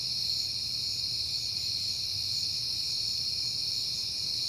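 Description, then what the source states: Crickets chirping in a steady, shrill, unbroken chorus, with a faint low rumble underneath. Crickets at night in September on a peaceful night; crickets heard often lately.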